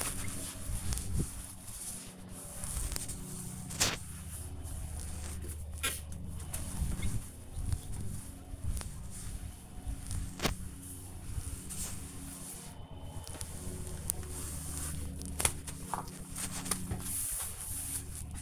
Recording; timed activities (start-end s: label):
household activities, microphone on the right wrist
0.00-15.92 s: window cleaning